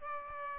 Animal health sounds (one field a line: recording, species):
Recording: mosquito wingbeat signal from an infrared sensor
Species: Aedes albopictus